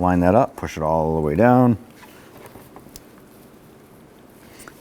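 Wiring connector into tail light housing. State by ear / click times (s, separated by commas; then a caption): seated / 3.0 s. Someone talks for the first couple of seconds while a plastic wiring connector on a 1999-2004 Jeep Grand Cherokee is lined up and pushed all the way down into the tail light housing. After that it goes quiet apart from faint handling noise. A short sharp click at 3.0 s marks the connector fully seating and clipping into the tail light socket.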